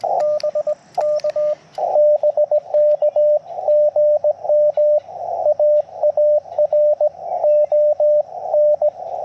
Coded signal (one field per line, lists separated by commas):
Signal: Morse code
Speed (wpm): 19 wpm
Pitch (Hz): 600 Hz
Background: radio noise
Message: BK BK GM AARON